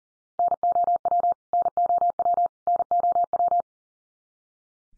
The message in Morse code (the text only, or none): NOW NOW NOW